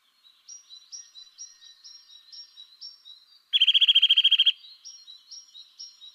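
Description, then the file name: Eurasian nuthatch calling: a steady series of thin high notes, about two per second, broken by one loud, fast, buzzy trill near the middle. "Sitta europaea"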